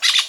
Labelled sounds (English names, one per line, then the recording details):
Brown-throated Parakeet contact call
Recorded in Venezuela
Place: Guárico; Corozopando; Fundo La Fe
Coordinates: 8.506, -67.593